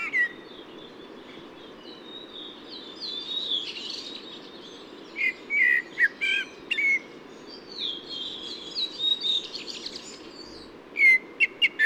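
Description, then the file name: Eurasian blackbird song: scattered whistled phrases and high squeaky twitters across the recording, ending with a quick run of sharp notes, over constant low background hum. Recorded 8 June 2019 at a camp in Ísafjörður. "cbbird-merula-1-M-S is isafjördur-camp"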